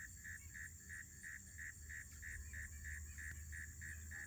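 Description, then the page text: Northern mole cricket calling: short, even, buzzy chirps repeated steadily about three times a second over a low background rumble. Recorded in Maryland. "Maryland Biodiversity - Northern Mole Cricket ( Neocurtilla hexadactyla ). Northern Mole Cricket by lynnparsons via iNaturalist"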